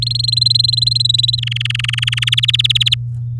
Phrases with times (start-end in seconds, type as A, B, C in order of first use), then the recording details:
0.02-1.35 A, 1.38-2.35 B, 2.37-2.94 C. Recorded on 9 May 2018 at 12:05. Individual llb16